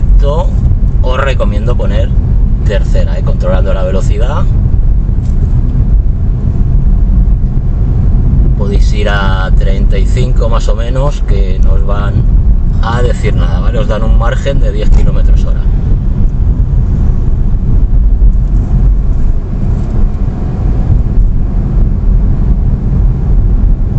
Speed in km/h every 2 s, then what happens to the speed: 26, 25, 26, 29, 31, 29, 29, 28, 29, 29, 31, 32.
3-7 speeds up to 31. 7-24 steady at about 29.